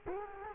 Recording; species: mosquito wingbeat signal from an infrared sensor; Culex quinquefasciatus